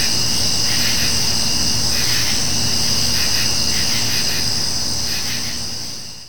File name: kevin boucher nature ambience summer insects night